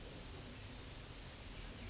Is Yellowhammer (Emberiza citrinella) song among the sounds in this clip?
no